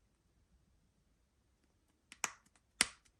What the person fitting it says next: You could hear that clicking.